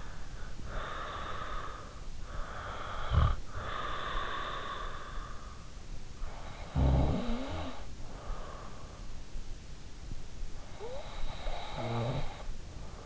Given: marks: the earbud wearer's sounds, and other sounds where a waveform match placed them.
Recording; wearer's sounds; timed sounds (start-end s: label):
sounds in sleep by an in-ear microphone; breath, snoring breath
0.57-5.37 s: breath
6.00-8.63 s: snoring breath
10.39-12.97 s: breath